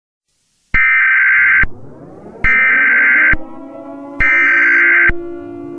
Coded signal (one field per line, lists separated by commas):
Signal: Emergency Alert System (SAME) tones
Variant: header bursts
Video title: EAS Scenario #49 A Surfer's Nightmare